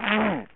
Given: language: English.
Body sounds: throat vibration sensor signal played as sound; throat clearing

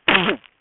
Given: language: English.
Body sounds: throat vibration sensor signal played as sound; cough

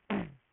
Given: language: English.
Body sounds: throat vibration sensor signal played as sound; throat clearing

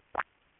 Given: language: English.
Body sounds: throat vibration sensor signal played as sound; swallow

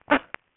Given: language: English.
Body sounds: throat vibration sensor signal played as sound; cough

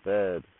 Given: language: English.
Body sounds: throat vibration sensor signal played as sound; speech

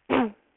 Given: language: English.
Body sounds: throat vibration sensor signal played as sound; throat clearing

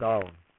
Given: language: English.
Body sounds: throat vibration sensor signal played as sound; speech

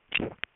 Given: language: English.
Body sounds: throat vibration sensor signal played as sound; swallow

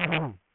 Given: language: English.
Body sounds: throat vibration sensor signal played as sound; throat clearing

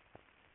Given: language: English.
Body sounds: throat vibration sensor signal played as sound; swallow

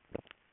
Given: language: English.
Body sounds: throat vibration sensor signal played as sound; swallow

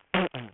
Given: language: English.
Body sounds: throat vibration sensor signal played as sound; throat clearing

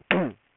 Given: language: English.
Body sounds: throat vibration sensor signal played as sound; throat clearing

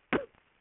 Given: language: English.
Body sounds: throat vibration sensor signal played as sound; cough

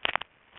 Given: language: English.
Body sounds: throat vibration sensor signal played as sound; swallow

